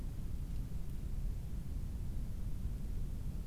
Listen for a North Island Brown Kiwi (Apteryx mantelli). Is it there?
no